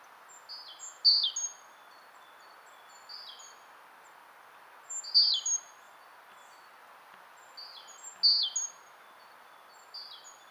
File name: Parus major